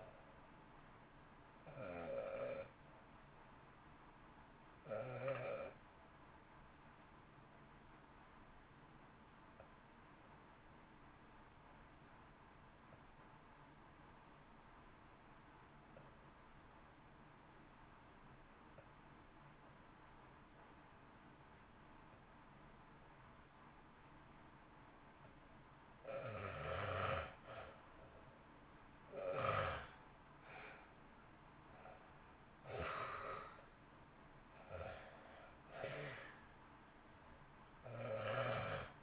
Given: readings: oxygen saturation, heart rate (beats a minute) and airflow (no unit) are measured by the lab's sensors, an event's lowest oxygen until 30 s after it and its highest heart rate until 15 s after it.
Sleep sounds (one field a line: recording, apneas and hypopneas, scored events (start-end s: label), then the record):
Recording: breathing in sleep by a voice recorder at the bedside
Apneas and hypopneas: 1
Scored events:
9.00-26.30 s: obstructive apnea (REM, oxygen 92% highest, then 74% lowest, heart rate 51 at the start, 66 highest)
From the record:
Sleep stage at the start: REM sleep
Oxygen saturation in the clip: 72 to 95%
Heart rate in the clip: 50 to 66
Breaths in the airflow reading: 5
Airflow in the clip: -1.2 to 1.5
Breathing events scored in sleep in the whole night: 328 in 6.3 hours asleep